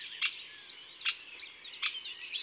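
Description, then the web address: Great spotted woodpecker calls, sharp loud clicks repeated roughly every 0.8 seconds, over softer chirping from other birds. "le pic epeiche. cuicui et compagnie"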